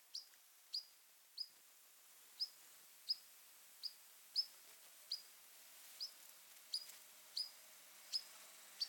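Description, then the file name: European pied flycatcher calls: a series of sharp, short, high 'pik' notes at uneven intervals, heard quietly against a near-silent background. "Ficedula hypoleuca - European Pied Flycatcher"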